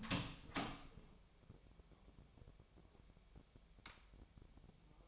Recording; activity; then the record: daily activity, microphone in the room; open door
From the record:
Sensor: 1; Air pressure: 1007.4 hPa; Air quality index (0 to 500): 198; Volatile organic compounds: 20 ppm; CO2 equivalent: 2673 ppm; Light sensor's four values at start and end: 13/33/13/15 and 14/34/14/15